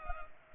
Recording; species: mosquito wingbeat signal from an infrared sensor; Culex pipiens